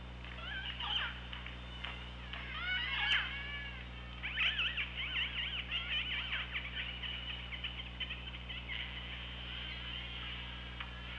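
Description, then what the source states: Killer whale vocal activity: dense bursts of pulsed, buzzy calls and sweeping tones, rapidly repeated, with a sharp click, over droning underwater background noise. Recorded with the OrcaLab hydrophone on 24 August 2017 at 15:19.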